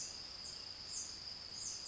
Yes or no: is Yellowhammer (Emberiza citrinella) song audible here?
no